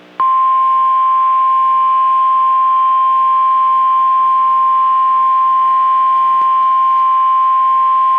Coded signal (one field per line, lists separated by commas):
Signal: Emergency Alert System (SAME) tones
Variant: 1050 Hz attention tone